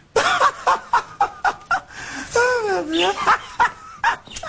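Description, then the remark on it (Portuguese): A van alarm blares out a rapid string of loud, dog-like barks, breaking into a wavering, rising-and-falling howl midway before the barking resumes. “Eu gastei todas as minhas economias transformando a minha van num cachorro.”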